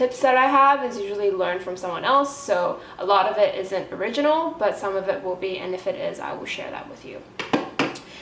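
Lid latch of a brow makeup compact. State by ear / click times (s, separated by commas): released / 7.8 s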